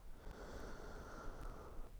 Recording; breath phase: one breath near a microphone; inhalation